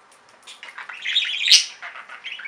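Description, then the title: Budgerigar giving a short warbled phrase that swells to a squeaky peak, then fades into soft chirps. "Budgie Sounds"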